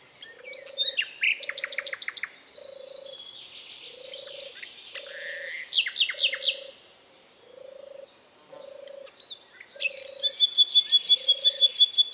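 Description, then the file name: Common nightingale song in bursts of rapid rattling notes and whistled phrases, over a steady low hooting note repeating about once a second throughout. "British Library - European Nightingale(Luscinia megarhynchos)"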